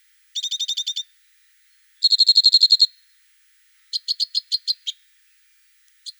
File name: Loxia leucoptera